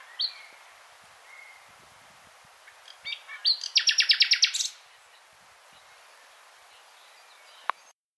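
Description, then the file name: Common nightingale song: scattered short whistles, then a rapid, even, loud trill of repeated high notes lasting about a second, with a sharp click a few seconds later. "Luscinia megarhynchos"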